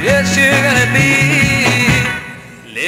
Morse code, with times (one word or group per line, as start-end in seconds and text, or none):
none